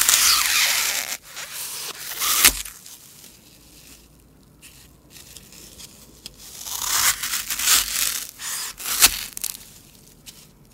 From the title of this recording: Floral Foam (Crunchy Sounds)